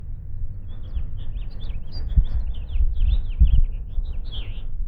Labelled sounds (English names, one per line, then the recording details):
House Finch song
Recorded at WGilgo Beach on Long Island, New York, on 22 May 1975
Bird F